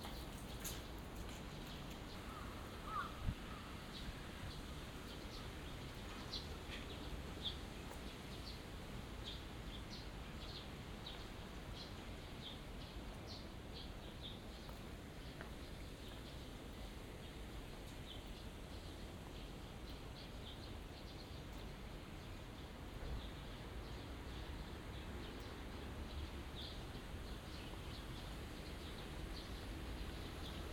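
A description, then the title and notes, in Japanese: Small birds chirp in a garden after rain, their short, bright calls scattered irregularly across the whole clip. Beneath them runs a steady, dense low rumble, like traffic, with an occasional louder tap near the third second. 小鳥のさえずり、雨上がりの庭園にて（Binaural）- Birds singing in the garden。湯島天神の片隅にある小さな庭園で録音しました。湯島天神の周りはビルなど建ち並んでいますが、ここは神聖な雰囲気があります。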